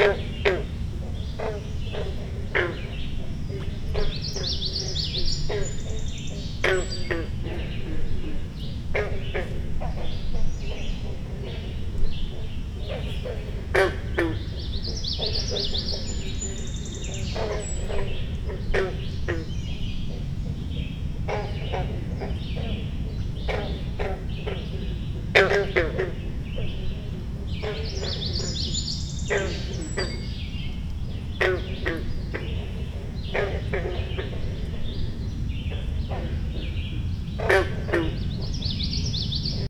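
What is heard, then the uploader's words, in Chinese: Sounds beside a long lake: a steady low rumble of wind and water fills the whole recording. Over it, birds call and sing repeatedly, with bright chirps and whistles recurring every few seconds, and clusters around 5–8, 15–18 and 28–31 seconds. 长湖旁的声音_美国密歇根州木材娱乐区。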